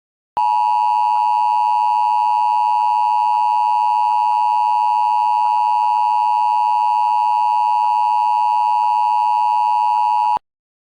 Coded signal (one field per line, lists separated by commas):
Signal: Emergency Alert System (SAME) tones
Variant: 853 and 960 Hz attention tone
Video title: EAS Mock: 2013 El reno Tornado emergency... #MockMasterChallenge